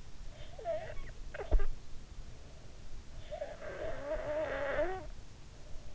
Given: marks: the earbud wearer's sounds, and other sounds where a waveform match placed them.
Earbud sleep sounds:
sounds in sleep by an in-ear microphone; snoring breath
0.20-2.01 s: snoring breath
2.91-5.42 s: snoring breath

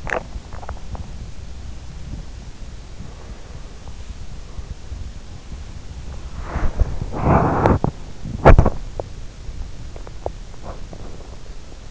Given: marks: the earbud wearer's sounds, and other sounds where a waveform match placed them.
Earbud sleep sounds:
sounds in sleep by an in-ear microphone; swallowing, body movement, teeth grinding
0.00-2.54 s: swallowing
5.99-8.76 s: body movement
8.93-11.91 s: teeth grinding

